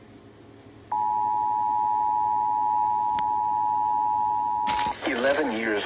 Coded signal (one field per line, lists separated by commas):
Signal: Emergency Alert System (SAME) tones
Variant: 853 and 960 Hz attention tone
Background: speech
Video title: Child Abduction Emergency [EAS #567]